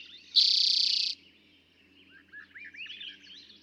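Eastern towhee song, a single short, fast buzzy trill, followed by gentle chirps and slurred whistles.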